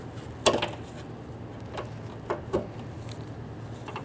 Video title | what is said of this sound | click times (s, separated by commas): How to Replace Back Glass Lift Supports 2007-2014 Cadillac Escalade 6.2L V8 | Pop out the clip and just remove the unit. | 0.5 s